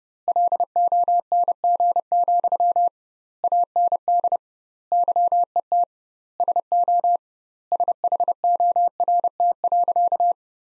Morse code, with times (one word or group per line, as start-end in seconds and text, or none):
0.3-2.9 LONG,
3.4-4.4 AND
4.9-5.8 YET
6.4-7.2 SO
7.7-10.3 SHORT.